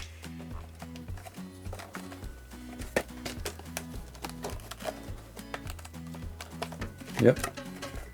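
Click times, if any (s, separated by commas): none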